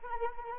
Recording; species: mosquito wingbeat signal from an infrared sensor; Anopheles arabiensis